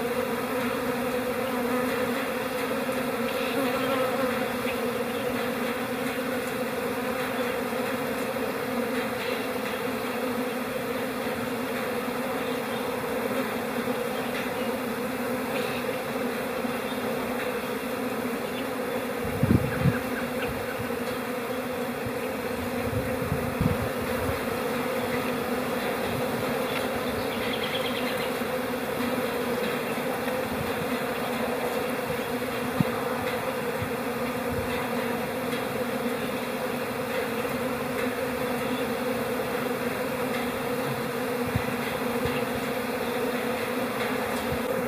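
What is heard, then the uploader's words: Hive chatter: a dense, steady hum of many bees fills the whole recording, low, with a constant droning tone running beneath. A couple of brief low thumps or bumps stand out around twenty and twenty-four seconds. Bee Calm April Hive Chatter.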